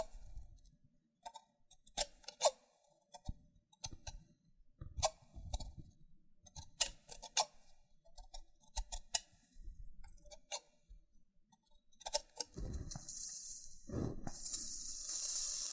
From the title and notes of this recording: ASMR Oddly Satisfying Loofah Triggers with Intense Peeling & Popping Sounds (No Talking).